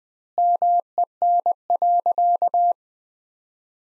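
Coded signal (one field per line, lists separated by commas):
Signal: Morse code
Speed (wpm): 21 wpm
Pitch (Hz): 700 Hz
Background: none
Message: MEN.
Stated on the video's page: Morse practice sentences from the top 300 words at 20 wpm with 4x word spacing, a Farnsworth-like approach.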